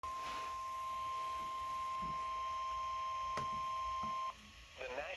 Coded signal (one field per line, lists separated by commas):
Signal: Emergency Alert System (SAME) tones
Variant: 1050 Hz attention tone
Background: speech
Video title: EAS #604: SVR